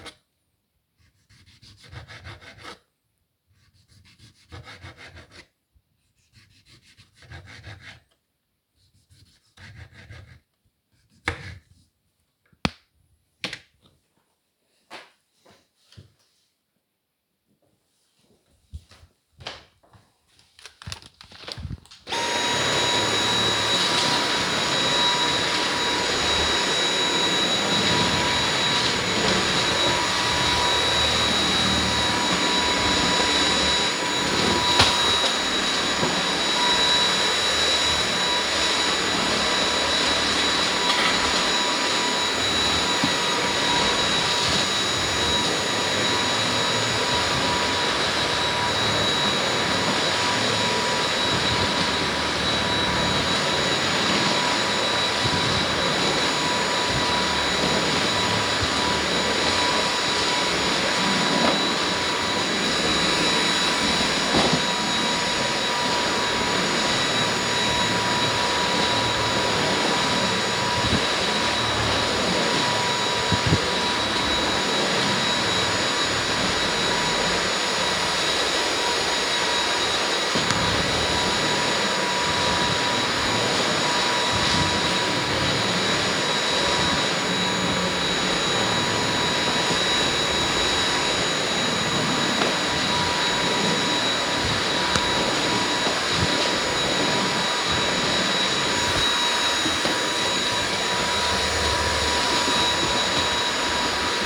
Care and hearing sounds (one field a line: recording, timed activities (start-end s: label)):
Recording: household activities, microphone on the right wrist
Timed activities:
0.00-11.33 s: cutting vegetables
22.38-104.25 s: vacuum cleaning